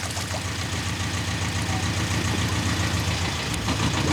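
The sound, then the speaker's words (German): An engine runs steadily, a low droning hum with a rapid, even chugging pulse that holds at a constant level throughout, with no voices. “Sie haben einen Motor.”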